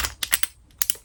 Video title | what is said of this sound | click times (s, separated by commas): Ustar Ergonomic Airbrush Handle | That's the click, and that's gone straight into the quick release valve, and that's now in position. | 0.8 s